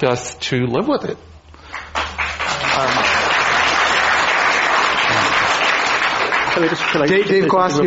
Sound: applause

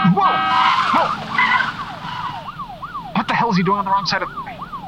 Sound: the tires screech slightly

